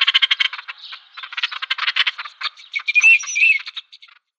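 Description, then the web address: Eurasian teal chattering in rapid, harsh bursts, with a few clear whistled notes breaking through near the end. Display calls of the common teal. "Schulze Peter Common Teal display"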